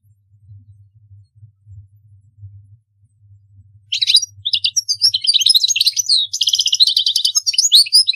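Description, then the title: European goldfinch song: after about four seconds of faint low hum, a fast, tinkling burst of high twittering and buzzy trills fills the rest. "Chant Chardonneret"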